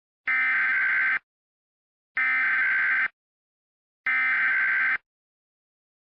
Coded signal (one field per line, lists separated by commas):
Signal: Emergency Alert System (SAME) tones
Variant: header bursts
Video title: EAS MOCK: Tornado Warning for the 3 major Twin Cities counties